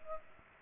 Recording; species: mosquito wingbeat signal from an infrared sensor; Culex pipiens